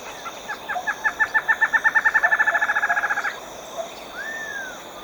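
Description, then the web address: Lined antshrike song: a long run of many nasal notes that speeds up, followed by a single slurred whistle, over a steady high hum. Ecuador. "Natures Songs S America Birds of Ecuador 25 Lined Antshrike"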